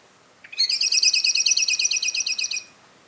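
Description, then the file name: Common blackbird giving one fast, dry rattling chatter of about two seconds, made of evenly spaced harsh notes. "Turdus merula"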